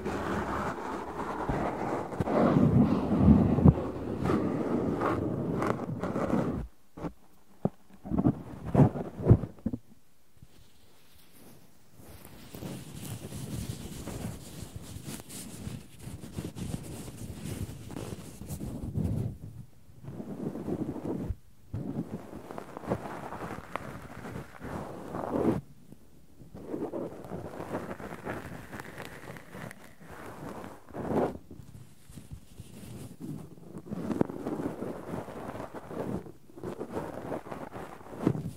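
Cotton and tweezers make dense, soft rustling and scratchy crackles that come in long bursts. Brief silent gaps break the sound near 7–12 seconds and again around 20 and 26 seconds. Low, muffled rumbles from handling run underneath.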